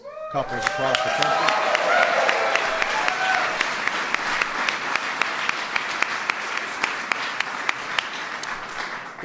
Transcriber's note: applause